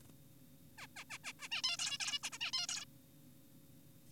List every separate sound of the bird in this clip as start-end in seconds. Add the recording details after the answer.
0.78-0.87, 0.96-1.04, 1.10-1.18, 1.24-1.33, 1.40-1.48, 1.52-1.62, 1.64-1.77, 1.79-1.98, 2.00-2.19, 2.23-2.30, 2.32-2.38, 2.41-2.52, 2.53-2.67, 2.69-2.85. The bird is an adult. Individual g4p5U